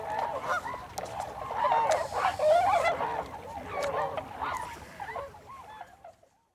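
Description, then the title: Tundra swans giving soft honks and whoops from many birds together, swelling in the middle and then fading away toward the end. Recorded 26 December 2020. "2020 12 26 Tundra Swans"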